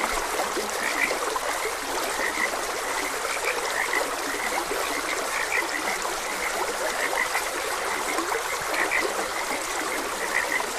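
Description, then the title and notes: Frogs croaking in a chorus, short bright notes near the same pitch repeating irregularly over steady rushing stream water. Frogs croaking beside a gentle stream. "Gentle Stream and Frogs Croaking. Calming Sounds of Nature. Sleep and Relaxation Podcast"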